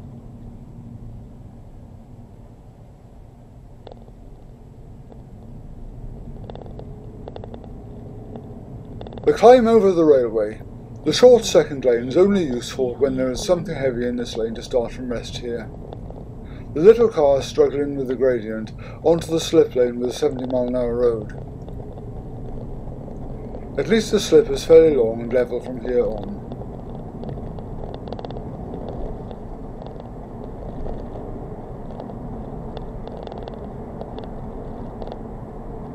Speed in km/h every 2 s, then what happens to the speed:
13, 15, 24, 31, 35, 34, 34, 35, 29, 29, 37, 48, 55, 60, 64, 71, 72, 72.
0-8 speeds up to 35. 8-14 steady at about 34. 14-16 slows to 29. 18-29 speeds up to 71. 29-36 steady at about 72.